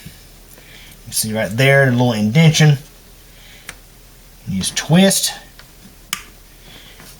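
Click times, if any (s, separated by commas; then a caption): 6.1 s. Someone talks while a reinstalled pump in a Samsung dishwasher, being checked for grinding noises, is twisted into its sump housing mount with its wires still connected. One sharp click is heard at 6.1 s as the pump locks into place and is seated.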